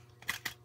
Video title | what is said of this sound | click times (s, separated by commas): 2 new transformers toys I got from the mall | two well actually two clicks one | 0.3 s, 0.5 s